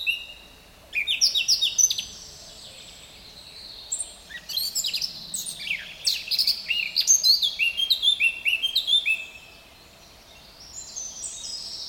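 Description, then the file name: Eurasian blackcap song: a scratchy chattering start breaking into a rich, fast warble of varied fluty notes, in two main bursts between short pauses. "Sylvia atricapilla"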